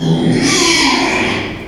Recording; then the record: squeal of a Yucatan mini pig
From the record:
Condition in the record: after surgery on the right vocal fold (resection and tissue-engineered implant); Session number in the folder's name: 2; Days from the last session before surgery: 13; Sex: male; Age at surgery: 12 weeks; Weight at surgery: 13 kg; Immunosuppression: cyclosporine, prednisolone